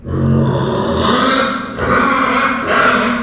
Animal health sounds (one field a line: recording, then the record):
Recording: squeal of a Yucatan mini pig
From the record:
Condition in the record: after surgery on the right vocal fold (resection and tissue-engineered implant)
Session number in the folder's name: 15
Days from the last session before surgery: 175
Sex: female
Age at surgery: 19 weeks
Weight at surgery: 25 kg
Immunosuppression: prednisolone